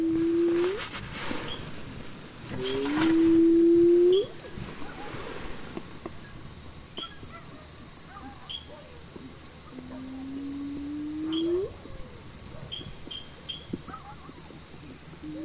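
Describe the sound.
Hyena whoops: a few drawn-out low notes, each rising into an upward flick, spaced by pauses, with steady insect chirping throughout.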